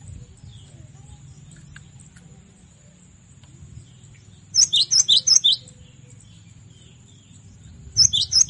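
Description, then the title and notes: Cinereous tit song in two short bursts of rapid, ringing high notes, over a low rumbling background. Masteran tutor recording, made for training songbirds to learn this song. "Masteran Gelatik Batu. burung gelatik"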